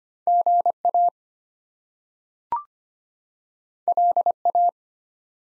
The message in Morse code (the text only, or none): GA LA